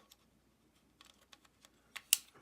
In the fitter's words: There you go, little click.